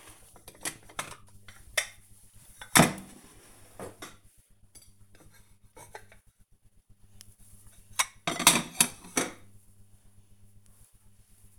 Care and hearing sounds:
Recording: household activities, microphone on the right wrist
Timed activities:
0.00-11.59 s: putting away the dishes

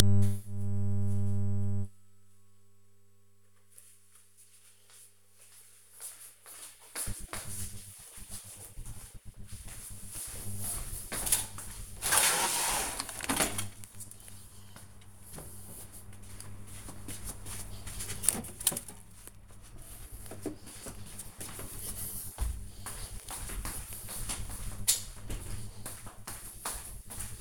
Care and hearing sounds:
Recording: household activities, microphone on the right wrist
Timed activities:
none

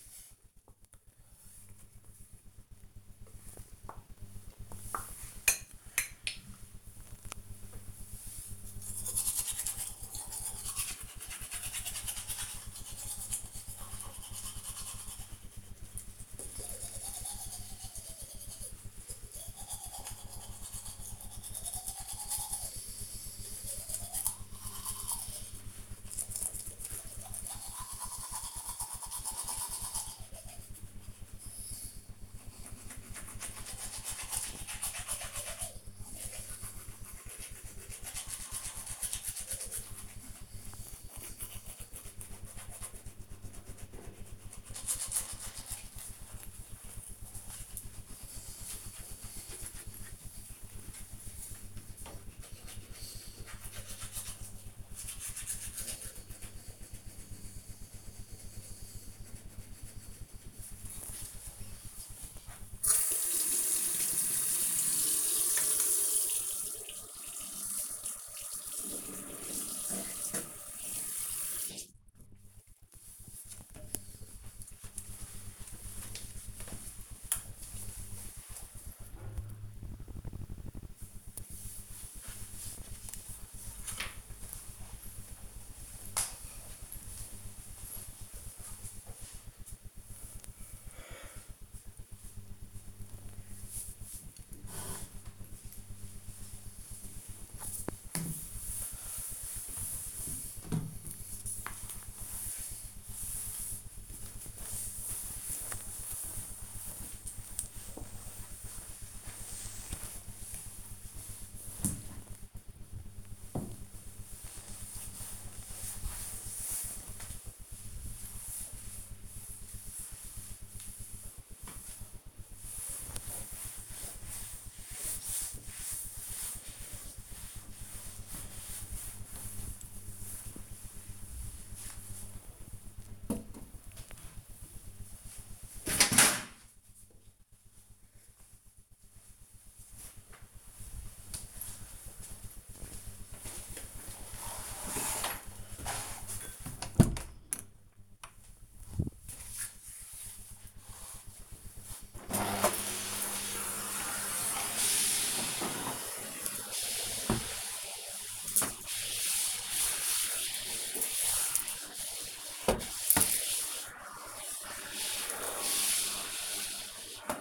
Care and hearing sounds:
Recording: household activities, microphone on the right wrist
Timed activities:
0.00-71.51 s: brushing teeth
94.67-131.99 s: cleaning table
151.14-167.41 s: vacuum cleaning

